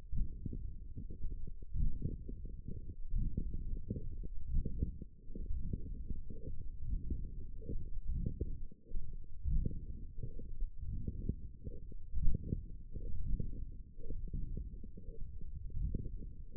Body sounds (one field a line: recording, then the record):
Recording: forearm muscle sounds (acoustic myography)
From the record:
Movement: forearm supination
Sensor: system 1, eight BSWA MPA416 microphones around the upper forearm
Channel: 1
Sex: male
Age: 21 years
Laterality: right